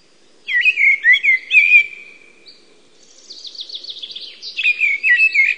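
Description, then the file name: Eurasian blackbird song: a mellow, fluting warbled phrase, then a thin, squeaky high twitter, followed by another rich fluty phrase. "mustarastas"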